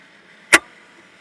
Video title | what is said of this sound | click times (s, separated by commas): Make an Easy Zipper Pouch on the Serger! | And then turn the hand wheel till I hear a click. | 0.5 s